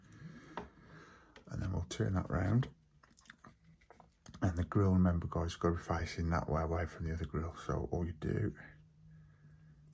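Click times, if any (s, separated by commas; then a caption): none. Someone talks while handling a small plastic/metal grill part for the deck of an RMS Titanic model, turning it round so it faces away from the other grill before pushing it into its locating holes. Faint handling clicks and taps are heard between the talk. The part has not seated or clicked into the holes yet.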